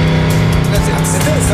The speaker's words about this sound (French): J'ai pas entendu à cause de la voiture.